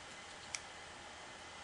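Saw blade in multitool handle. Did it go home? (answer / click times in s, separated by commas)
yes / 0.5 s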